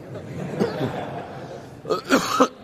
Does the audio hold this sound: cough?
yes